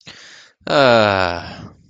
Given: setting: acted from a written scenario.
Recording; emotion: vocal sound without words; contentment